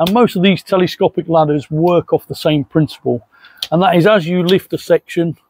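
Someone talks while a section of an aluminium telescopic ladder is being lifted so its spring-loaded locking pins can lock into the next section. No click is heard, and nothing has seated or clicked yet.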